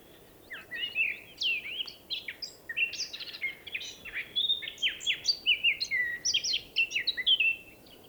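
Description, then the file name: Eurasian blackcap song: a sustained rapid warble of whistled and chattering notes rising and falling in pitch throughout. "Sylvia atricapilla"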